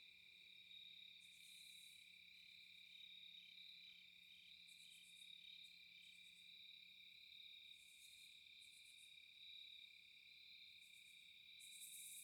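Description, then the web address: Crickets trilling in steady, unbroken high-pitched bands, with irregular bursts of even higher pulsed sound against a quiet background. Night, at a cabin in a quiet forest, no wind. "Eiravaein Works - Vaeyan IV AMB,cabin,forest,night,crickets"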